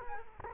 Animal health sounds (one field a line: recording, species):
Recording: mosquito wingbeat signal from an infrared sensor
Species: Culex quinquefasciatus